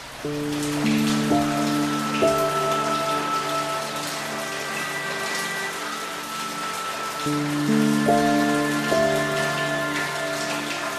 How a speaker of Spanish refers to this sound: Veo a través de mi ventana como pequeñas gotas de lluvia tintinean sobre el cristal, se estremecen bajo la suave caricia de la brisa, zigzaguean y se deslizan hasta morir en el alféizar